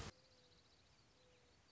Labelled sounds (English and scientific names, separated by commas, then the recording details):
Mourning Dove (Zenaida macroura)
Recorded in Sonoma County, California